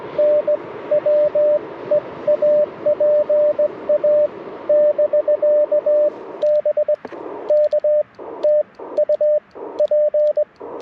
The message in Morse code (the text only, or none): NWE AP A <BK> BK TU P